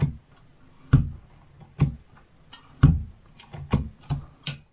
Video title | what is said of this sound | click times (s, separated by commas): Test iGeelee HT-1950 Pipe Hydraulic Press-Tool, & Metpress copper press-fittings | Đúng. Tôi nghe thấy tiếng tách. Tôi sẽ thả nó ra. | 4.5 s